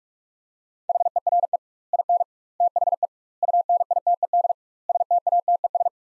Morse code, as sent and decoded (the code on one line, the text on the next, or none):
.... . .-. . / .. -. / - .... . / ..- -. .. - . -.. / ... - .- - . ...
HERE IN THE UNITED STATES